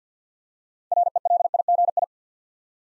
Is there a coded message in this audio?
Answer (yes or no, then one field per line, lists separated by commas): yes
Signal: Morse code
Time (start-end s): 0.9-2.0 s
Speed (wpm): 49 wpm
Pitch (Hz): 700 Hz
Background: none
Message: RELIGI